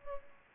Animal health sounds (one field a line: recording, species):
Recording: mosquito wingbeat signal from an infrared sensor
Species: Culex pipiens